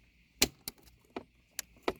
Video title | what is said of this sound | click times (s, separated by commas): 2015 Toyota Highlander Driver Seat Controls Repair | there we go good fit nice clicks and this should come right through these holes | 0.4 s, 0.7 s, 1.2 s, 1.6 s, 1.9 s